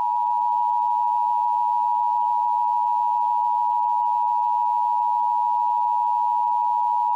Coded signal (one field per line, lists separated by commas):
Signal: Emergency Alert System (SAME) tones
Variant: 853 and 960 Hz attention tone